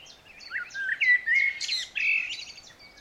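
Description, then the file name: Eurasian blackbird song, a continuous mellow fluted warble with brief rising notes and a scratchy high flourish in the middle. "Turdus merula"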